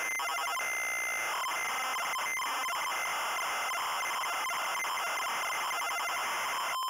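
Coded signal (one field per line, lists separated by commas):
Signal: ZX Spectrum tape loading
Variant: ZX Spectrum 128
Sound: harsh, buzzing, warbling data screech with shifting tones and abrupt clicks throughout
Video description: Loading mini-game, and short gameplay introduce.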